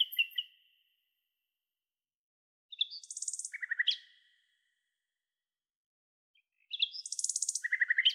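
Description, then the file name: Common nightingale singing: a short whistled phrase, silence, then harsh high buzzy notes dropping into a fast stuttering trill, repeated after another pause. "Luscinia megarhynchos"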